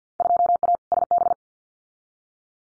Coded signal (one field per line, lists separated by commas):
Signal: Morse code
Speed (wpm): 50 wpm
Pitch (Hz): 700 Hz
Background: none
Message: 2A SB